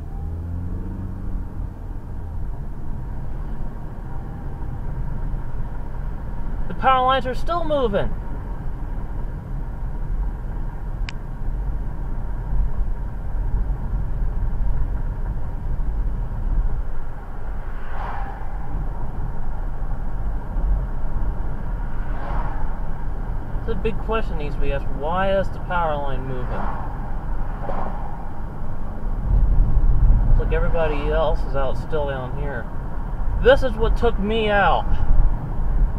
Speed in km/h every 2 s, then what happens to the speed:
31, 45, 52, 50, 47, 45, 47, 48, 50, 48, 52, 52, 52, 48, 50, 52, 53, 53.
0-4 speeds up to 52. 4-10 slows to 45. 10-20 speeds up to 52. 20-36 steady at about 52.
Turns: none.